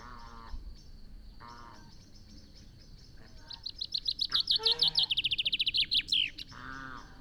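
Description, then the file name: Common chaffinch delivering a descending trill that closes with a flourish. Lower, drawn-out calls come before and after it. "Fringilla coelebs"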